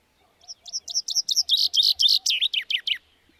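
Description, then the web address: Bird song: a quick series of high chirps that grow louder, ending in falling slurred notes. "madarak enek"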